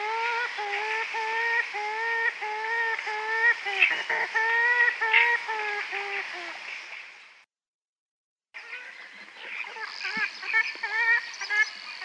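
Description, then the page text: Grey-headed swamphen giving a long run of nasal, harmonic honking notes, a brief gap, then more wavering calls. "Султанка (Porphyrio poliocephalus)"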